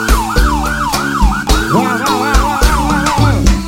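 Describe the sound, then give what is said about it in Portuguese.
A wailing siren sweeps up and down in quick repeated cycles, layered over a loud, thumping bass beat with steady musical tones underneath. “Ei, balança a bunda ao som da sirene.”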